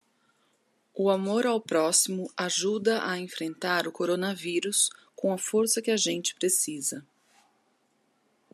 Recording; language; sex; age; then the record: spoken sentence; Brazilian Portuguese; female; 30 to 39 years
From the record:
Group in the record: control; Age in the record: 38 years